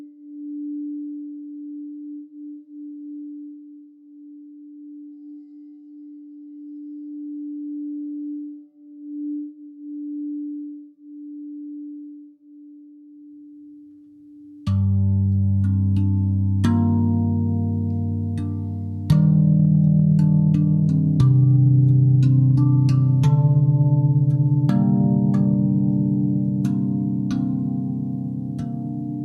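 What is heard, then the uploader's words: A sound bath opens with a single pure, steady tone that swells and dips gently for about fifteen seconds. Then a loud, rich chord of low ringing tones strikes in abruptly, with fresh strikes layering new ringing notes around 19 and 21 seconds. Sound bath.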